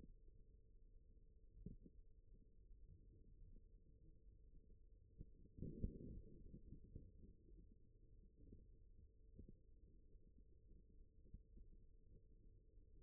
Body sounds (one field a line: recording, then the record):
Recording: forearm muscle sounds (acoustic myography)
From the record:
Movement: rest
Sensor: system 1, eight BSWA MPA416 microphones around the upper forearm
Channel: 7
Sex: male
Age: 41 years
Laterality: right